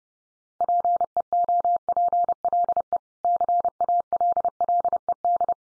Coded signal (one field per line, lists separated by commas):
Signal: Morse code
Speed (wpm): 30 wpm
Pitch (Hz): 700 Hz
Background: none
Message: PEOPLE CALLED